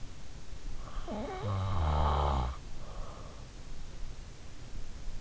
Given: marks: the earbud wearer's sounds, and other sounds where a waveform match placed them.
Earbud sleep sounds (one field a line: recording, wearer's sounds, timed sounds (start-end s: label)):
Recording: sounds in sleep by an in-ear microphone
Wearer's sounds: snoring breath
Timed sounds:
0.56-3.42 s: snoring breath